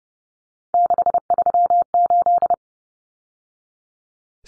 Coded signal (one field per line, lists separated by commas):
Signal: Morse code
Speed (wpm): 30 wpm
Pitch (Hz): 700 Hz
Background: none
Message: 638